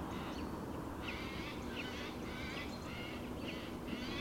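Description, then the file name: Eurasian jay uttering a series of hoarse, rasping calls about every half second, each a noisy burst, over constant low background noise. "Garrulus glandarius"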